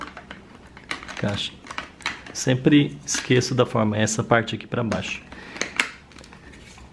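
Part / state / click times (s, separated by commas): brush attachment onto the steamer head / not seated / none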